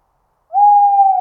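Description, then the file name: Tawny owl giving one level, clear hoot, starting abruptly after a short silence. "Chouette hulotte"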